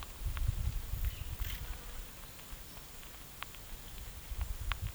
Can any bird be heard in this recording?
no